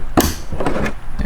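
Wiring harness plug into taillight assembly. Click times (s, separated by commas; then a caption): 0.2 s. A plastic wiring harness connector is plugged back into the socket of a new taillight assembly on an E46 and clicks into place at 0.2 s, seated. Softer knocks and rustling follow at about 0.6 s and 1.2 s.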